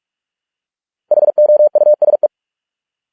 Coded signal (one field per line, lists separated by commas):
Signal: Morse code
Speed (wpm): 46 wpm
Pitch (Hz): 600 Hz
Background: none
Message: HOUSE